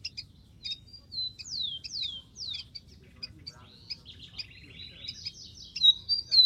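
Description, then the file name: Rufous-collared sparrow song: three clear descending whistled slurs in quick succession, then a busy chatter of high twitters, chips and a short trill. "canto do tico tico"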